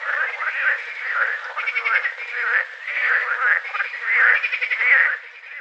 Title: Animus. Grenouilles vertes - Combrit, Finistère - juin 2010